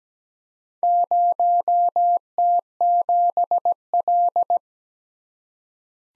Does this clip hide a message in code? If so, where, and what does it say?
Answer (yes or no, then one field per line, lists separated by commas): yes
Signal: Morse code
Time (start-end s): 0.8-4.6 s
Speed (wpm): 17 wpm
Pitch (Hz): 700 Hz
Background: none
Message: 0T7L